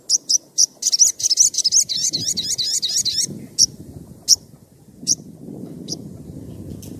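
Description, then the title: Oriental magpie-robin pouring out rapid, repeated high whistled notes in a fast run, then spaced single sharp calls, with a low rumbling hum underneath. Loud, constantly singing bird; song played as a lure to provoke other magpie-robins into answering. "Pancingan Suara Siulan Kacer Gacor Mantap Untuk Memancing Kacer Lain Agar Mau Nyaut Bunyi"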